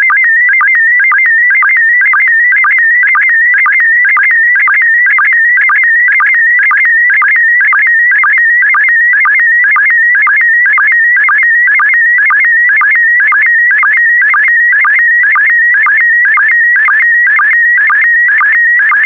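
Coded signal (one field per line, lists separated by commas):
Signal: SSTV (slow-scan television)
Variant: PD120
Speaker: Starting transmission in 5, 4, 3, 2, 1. Transmission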